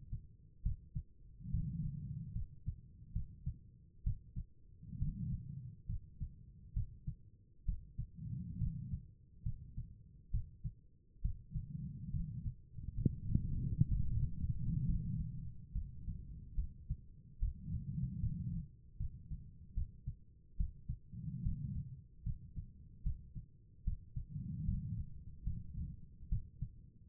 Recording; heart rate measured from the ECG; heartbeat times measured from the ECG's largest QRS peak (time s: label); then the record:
heart sounds by stethoscope; 70 bpm
0.63 s: heartbeat
1.51 s: heartbeat
2.33 s: heartbeat
3.13 s: heartbeat
4.04 s: heartbeat
4.99 s: heartbeat
5.86 s: heartbeat
6.74 s: heartbeat
7.65 s: heartbeat
8.58 s: heartbeat
9.43 s: heartbeat
10.31 s: heartbeat
11.22 s: heartbeat
12.11 s: heartbeat
12.95 s: heartbeat
13.88 s: heartbeat
14.86 s: heartbeat
15.73 s: heartbeat
16.55 s: heartbeat
17.40 s: heartbeat
18.21 s: heartbeat
18.98 s: heartbeat
19.75 s: heartbeat
20.57 s: heartbeat
21.43 s: heartbeat
22.24 s: heartbeat
23.03 s: heartbeat
23.84 s: heartbeat
24.65 s: heartbeat
25.44 s: heartbeat
26.29 s: heartbeat
From the record:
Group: healthy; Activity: rest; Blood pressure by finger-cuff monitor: 101/66 mmHg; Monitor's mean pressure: 76 mmHg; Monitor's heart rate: 70 bpm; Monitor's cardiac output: 5.1 L/min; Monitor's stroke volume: 76 mL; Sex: female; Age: 36 years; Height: 163 cm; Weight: 88 kg